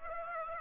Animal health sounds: mosquito wingbeat signal from an infrared sensor; Aedes aegypti

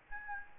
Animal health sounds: mosquito wingbeat signal from an infrared sensor; Aedes albopictus

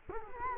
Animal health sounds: mosquito wingbeat signal from an infrared sensor; Culex quinquefasciatus

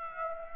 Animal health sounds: mosquito wingbeat signal from an infrared sensor; Aedes aegypti

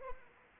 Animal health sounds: mosquito wingbeat signal from an infrared sensor; Anopheles arabiensis

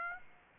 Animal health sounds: mosquito wingbeat signal from an infrared sensor; Aedes aegypti

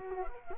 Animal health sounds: mosquito wingbeat signal from an infrared sensor; Culex quinquefasciatus

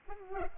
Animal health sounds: mosquito wingbeat signal from an infrared sensor; Culex pipiens

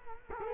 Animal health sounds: mosquito wingbeat signal from an infrared sensor; Culex quinquefasciatus

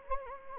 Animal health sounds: mosquito wingbeat signal from an infrared sensor; Anopheles gambiae

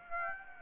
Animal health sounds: mosquito wingbeat signal from an infrared sensor; Aedes aegypti

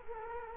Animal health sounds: mosquito wingbeat signal from an infrared sensor; Culex quinquefasciatus

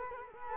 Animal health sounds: mosquito wingbeat signal from an infrared sensor; Culex quinquefasciatus

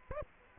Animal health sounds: mosquito wingbeat signal from an infrared sensor; Aedes aegypti

